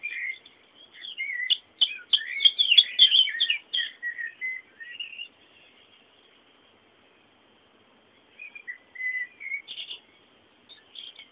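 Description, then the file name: Bird song, rapid twittering and chirping bursts, pausing midway before short chirps resume near the end. Background bird sounds. "fondo pajaros"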